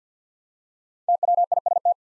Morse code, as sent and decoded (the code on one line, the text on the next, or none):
- .-- .. ... -
TWIST